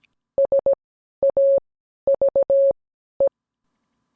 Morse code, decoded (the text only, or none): S A V E